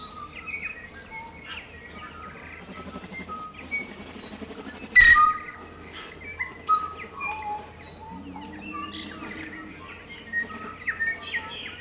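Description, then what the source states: Tui song amid a busy chorus, mixing liquid whistled notes, a loud sharp crack near the middle, wheezy phrases and a low nasal tone, with a constant low hum. Morning chorus of native birds, New Zealand.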